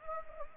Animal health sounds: mosquito wingbeat signal from an infrared sensor; Anopheles gambiae

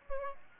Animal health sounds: mosquito wingbeat signal from an infrared sensor; Aedes aegypti

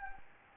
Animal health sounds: mosquito wingbeat signal from an infrared sensor; Anopheles gambiae

